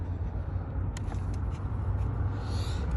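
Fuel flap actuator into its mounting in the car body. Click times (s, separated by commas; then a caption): 1.0 s. An Audi A6 fuel flap actuator is pushed back into its mount in the car body, and its two plastic tabs at the top clip into place. One sharp click sounds at 1.0 s over a steady low rumble, and the actuator is seated.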